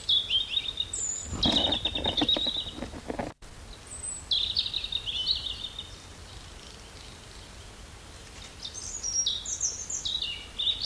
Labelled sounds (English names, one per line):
European Robin song